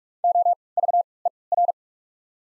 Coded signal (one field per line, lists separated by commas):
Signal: Morse code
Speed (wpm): 46 wpm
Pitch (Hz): 700 Hz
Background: none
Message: O V E R